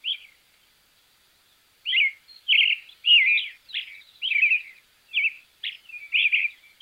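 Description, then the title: Creamy-bellied thrush song: a string of rich, rapidly changing warbled phrases after a short pause, steady and musical. "ZORZAL CHALCHALERO"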